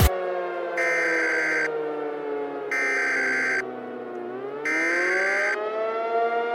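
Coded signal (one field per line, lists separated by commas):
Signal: Emergency Alert System (SAME) tones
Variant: header bursts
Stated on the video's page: Fictional EAS scenario.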